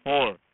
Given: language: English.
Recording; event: throat vibration sensor signal played as sound; speech